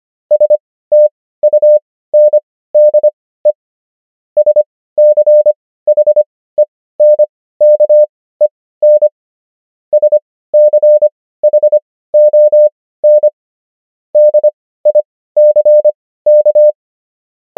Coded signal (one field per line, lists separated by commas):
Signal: Morse code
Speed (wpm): 25 wpm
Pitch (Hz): 600 Hz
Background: none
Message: STUNDE SCHENKEN SCHON DICK